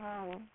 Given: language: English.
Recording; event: throat vibration sensor signal played as sound; speech